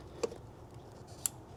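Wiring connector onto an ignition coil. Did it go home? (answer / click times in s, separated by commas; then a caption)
yes / 1.3 s. The last plastic wiring connector is pushed onto its ignition coil on an FK8 Type R during spark plug work. A softer snap comes at 0.2 s, then a sharp, bright click at 1.3 s as the connector seats fully.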